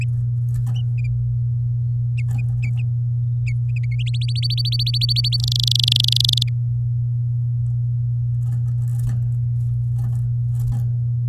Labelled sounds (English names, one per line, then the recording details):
Domestic Canary song
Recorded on 11 May 2018 at 07:05
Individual llb16